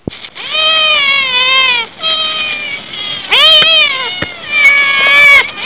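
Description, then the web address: Cat meowing, a series of long, loud, drawn-out meows, some rising then falling, with short breaks between them. Pet cat at home. "cat wav mesi"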